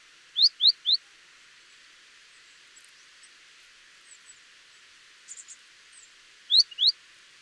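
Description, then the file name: Great tit calling in short bursts of three sharp high notes, with a few faint chips between the bursts. "Parus major"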